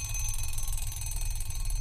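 An alarm clock rings with a steady, rapidly pulsing buzz that holds at an even loudness for about two seconds, with no voices.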